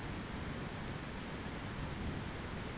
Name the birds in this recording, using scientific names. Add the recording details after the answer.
none. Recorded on Arctic tundra, site ZACK-1, on 15 June 2019. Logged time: 21:49